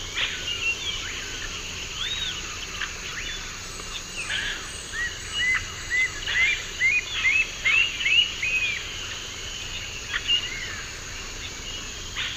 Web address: Natures Songs S America Eastern Lowlands. Attila citriniventris, call and song